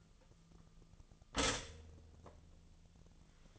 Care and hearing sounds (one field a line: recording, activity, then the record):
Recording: daily activity, microphone in the room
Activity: stop toaster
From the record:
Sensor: 4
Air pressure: 1010.1 hPa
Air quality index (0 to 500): 179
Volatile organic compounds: 5 ppm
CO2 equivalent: 1806 ppm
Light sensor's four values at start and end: 23/69/27/27 and 23/69/27/27